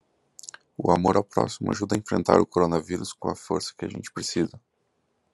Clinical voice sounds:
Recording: spoken sentence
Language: Brazilian Portuguese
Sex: male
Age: 30 to 39 years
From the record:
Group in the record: control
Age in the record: 33 years

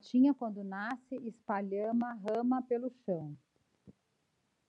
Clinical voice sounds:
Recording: short text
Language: Brazilian Portuguese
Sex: female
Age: 40 to 49 years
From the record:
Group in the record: control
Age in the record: 46 years

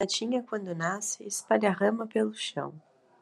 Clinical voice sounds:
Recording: short text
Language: Brazilian Portuguese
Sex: female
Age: 18 to 19 years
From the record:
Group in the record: control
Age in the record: 19 years

